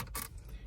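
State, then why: Seated. A plastic trim ring is lined up over the ignition switch in the center dash bezel of a 2004 Pontiac Grand Prix 3.8L and pressed on. Two sharp plastic clicks at 0.0 and 0.15 seconds are followed by faint ticks, and the ring seats into place.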